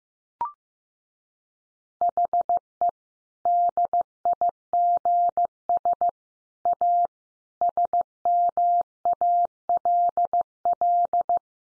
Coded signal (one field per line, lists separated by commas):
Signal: Morse code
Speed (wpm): 15 wpm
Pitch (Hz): 700 Hz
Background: none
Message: HE DIGS A SMALL